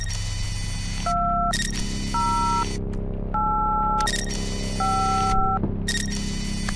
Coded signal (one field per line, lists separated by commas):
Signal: DTMF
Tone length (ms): 620 ms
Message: 2085